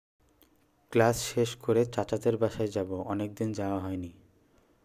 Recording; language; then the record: elicited speech; Bengali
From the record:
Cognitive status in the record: cognitively healthy